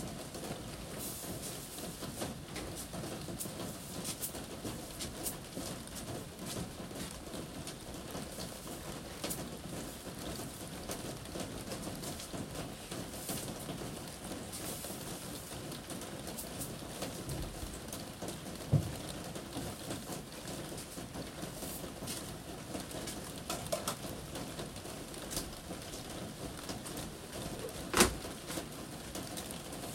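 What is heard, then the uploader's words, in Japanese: Rain falls steadily on a roof, a dense, even patter throughout, with a couple of sharper knocks near nineteen and twenty-eight seconds. 今日は梅雨の雨の日。屋根に降る雨の音。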